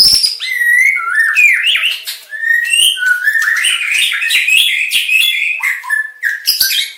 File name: Suara Burung Murai Batu Aceh Variasi Lengkap